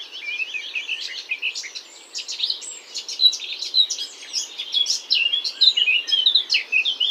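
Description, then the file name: Eurasian blackcap delivering a rich, rapid, scratchy warble mixed with clear whistled notes, running steadily throughout with a brief quieter pause early on. "Sylvia atricapilla"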